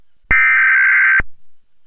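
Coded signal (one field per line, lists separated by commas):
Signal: Emergency Alert System (SAME) tones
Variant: header bursts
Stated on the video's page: Parody remix of EAS National Periodic Test alerts issued via the Primary Entry Point System.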